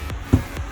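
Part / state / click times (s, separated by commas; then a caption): plastic trim cover into rear interior panel / seated / 0.1 s, 0.6 s. A plastic interior trim cover is pushed back into the rear interior panel over the rear shock access area of a 1998–2002 F-body Camaro/Trans Am. Two sharp clicks sound at 0.1 s and 0.6 s as it pops into place, and the cover is seated.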